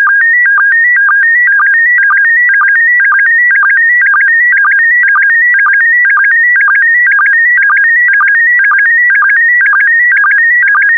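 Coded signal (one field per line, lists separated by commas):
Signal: SSTV (slow-scan television)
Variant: PD120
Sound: continuous warbling tone stepping between pitches, with short low blips twice a second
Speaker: the next image transmission will start in 10 seconds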